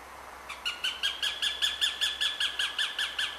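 Northern goshawk giving a rapid, evenly spaced run of loud cackling kek notes that begins after a brief quiet moment and keeps going to the end.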